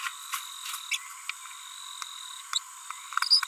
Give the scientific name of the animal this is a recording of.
Forpus passerinus